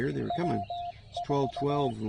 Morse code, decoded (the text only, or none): W4